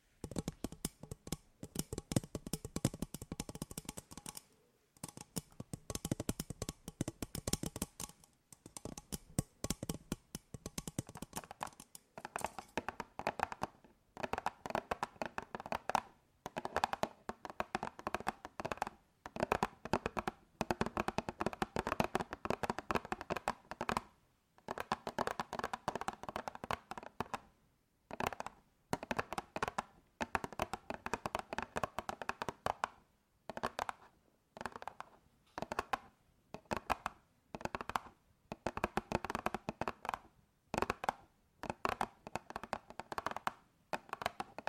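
Dense, fast tapping with fingers and nails on hard surfaces, nearly continuous with brief pauses around 5, 25 and 33 seconds.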